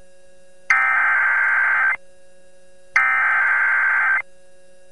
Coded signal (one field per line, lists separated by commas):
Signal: Emergency Alert System (SAME) tones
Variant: header bursts